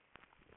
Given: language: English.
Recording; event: throat vibration sensor signal played as sound; swallow